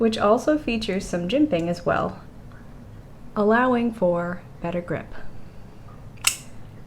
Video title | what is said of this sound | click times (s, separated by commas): A Petite Piercer - Olitans G048 - Petite EDC | it is securely locked into place using the liner lock | 6.3 s